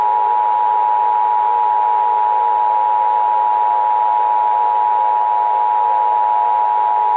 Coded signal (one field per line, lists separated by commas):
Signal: Emergency Alert System (SAME) tones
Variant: 853 and 960 Hz attention tone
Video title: EAS Scenario/Analog & Digital Horror - Red Giant Sun